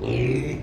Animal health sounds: contact call of a hoofed animal; pig; closed-mouth grunt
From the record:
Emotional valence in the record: negative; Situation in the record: short social isolation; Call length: 0.63 s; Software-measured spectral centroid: 1450 Hz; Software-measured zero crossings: 1030 a second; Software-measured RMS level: -24 dBFS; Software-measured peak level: -13 dBFS

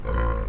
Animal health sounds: contact call of a hoofed animal; wild boar; grunt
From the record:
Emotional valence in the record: negative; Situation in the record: naturally occurring agonistic interactions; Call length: 0.50 s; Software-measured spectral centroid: 990 Hz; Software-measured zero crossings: 530 a second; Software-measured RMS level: -24 dBFS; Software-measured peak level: -13 dBFS

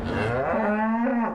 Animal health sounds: contact call of a hoofed animal; cattle; low-frequency (closed-mouth) or high-frequency (open-mouth) call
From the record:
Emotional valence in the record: negative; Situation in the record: full separation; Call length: 1.35 s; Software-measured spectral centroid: 1180 Hz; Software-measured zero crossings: 1240 a second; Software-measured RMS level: -24 dBFS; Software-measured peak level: -12 dBFS

